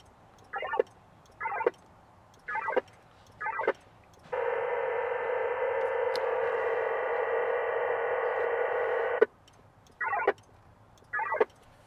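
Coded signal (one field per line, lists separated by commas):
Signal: HF data modem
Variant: VARA FM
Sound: four short raspy data bursts, a five-second steady hissing data roar, then two more bursts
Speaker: I'm going to just take one of them I'm going to deselect the other ones [Music] and there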